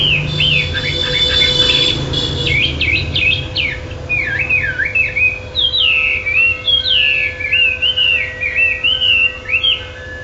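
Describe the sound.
Chinese hwamei song of rich, looping whistles, with harsher buzzy notes at the start, then a long varied sequence of wavering melodic phrases over a faint hum.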